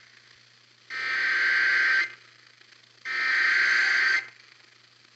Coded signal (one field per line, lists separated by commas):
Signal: Emergency Alert System (SAME) tones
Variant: header bursts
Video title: Reviving the Meme... | EAS #1707-1726* (Severe Weather Alerts from 10/25/2021)